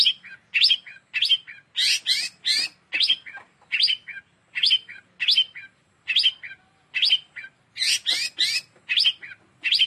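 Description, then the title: Long-tailed shrike song: short scratchy high phrases, each followed by a brief lower note, repeated many times, with occasional louder, fuller bursts. Song style given locally as "kombinasi" (combination). "Cendet Kombinasi"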